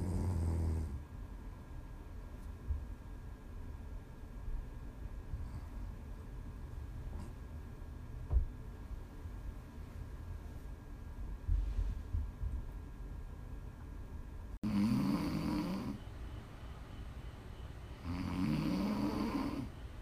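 Low, buzzing snores from a sleeping adult, with one at the very start and two loud ones about three to four seconds apart near the end, separated by a long quiet stretch of room noise. Plain snoring, offered as ASMR for relaxing or sleeping to.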